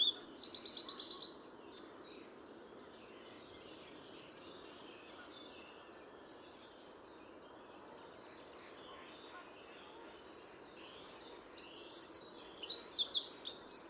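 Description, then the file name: Eurasian wren song bursts, a fast high trill at the start and another at the end, separated by a long stretch of quiet hiss. "Troglodytes troglodytes"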